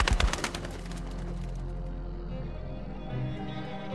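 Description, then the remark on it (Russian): A bird released from a cage bursts into flight with a quick flurry of fluttering wingbeats that fade within a second or two, leaving a steady low hum behind. “Наконец человек наклонился к птице ближе и, пробормотав: «Ну, надеюсь, я правильно понял, как эта штука работает», открыл клетку и выпустил ее на свободу.”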